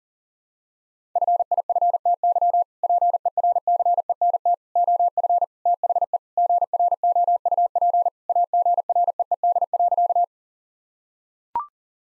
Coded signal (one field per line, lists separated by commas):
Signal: Morse code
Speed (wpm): 40 wpm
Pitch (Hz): 700 Hz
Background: none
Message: FIFTY PERCENT OF THE GROUP AGREED.